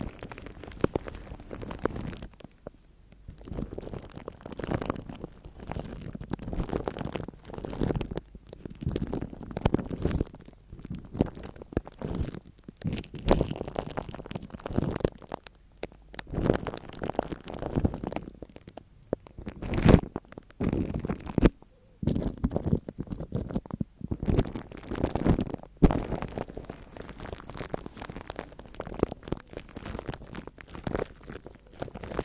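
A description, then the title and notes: Mic triggers from a haircut and scalp check with treatment rubbed on the mic: dense, continuous scratching, crinkling and crunching handled right on the microphone. Busy and uneven throughout, with short quiet gaps near three, sixteen, twenty-two and twenty-six seconds. ASMR Mic Triggers (Haircut & Scalp Check With Treatment On The Mic) No Talking.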